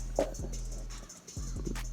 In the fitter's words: have it at the angle. It just clicked in.